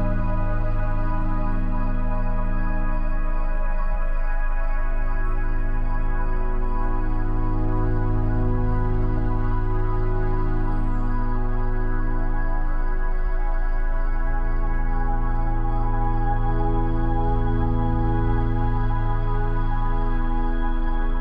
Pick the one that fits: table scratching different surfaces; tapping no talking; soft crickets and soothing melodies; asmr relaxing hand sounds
soft crickets and soothing melodies